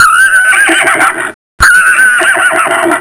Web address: Soundsation. Animals Horse